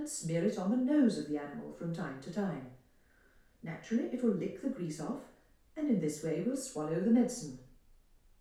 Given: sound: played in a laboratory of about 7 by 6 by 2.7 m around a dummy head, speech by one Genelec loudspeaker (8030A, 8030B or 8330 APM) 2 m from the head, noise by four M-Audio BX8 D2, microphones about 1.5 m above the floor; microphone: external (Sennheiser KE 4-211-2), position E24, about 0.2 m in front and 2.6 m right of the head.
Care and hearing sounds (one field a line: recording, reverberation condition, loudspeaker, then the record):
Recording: female speech in English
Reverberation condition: medium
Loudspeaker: 150 degrees to the left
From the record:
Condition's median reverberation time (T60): about 510 ms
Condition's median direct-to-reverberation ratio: about -0.5 dB